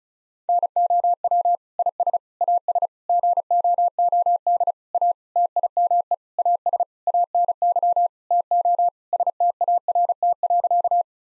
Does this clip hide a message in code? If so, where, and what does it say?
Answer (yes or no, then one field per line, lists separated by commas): yes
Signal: Morse code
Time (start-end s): 0.5-11.0 s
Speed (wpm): 36 wpm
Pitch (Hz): 700 Hz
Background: none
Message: NOW IS AS GOOD A TIME AS ANY TO START.